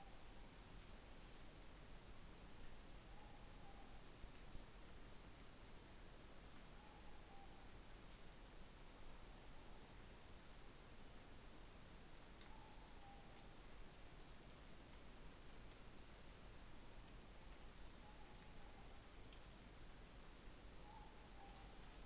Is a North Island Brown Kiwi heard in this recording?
no